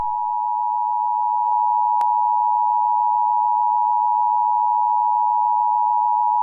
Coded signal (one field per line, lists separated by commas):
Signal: Emergency Alert System (SAME) tones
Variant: 853 and 960 Hz attention tone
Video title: EAS scenario dandys world twisted infection